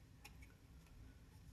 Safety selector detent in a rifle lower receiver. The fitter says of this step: You will know when you've got it tight enough when you hear an audible click moving it from either position.